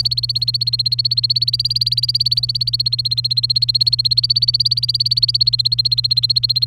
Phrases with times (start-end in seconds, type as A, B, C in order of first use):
0.00-6.67 A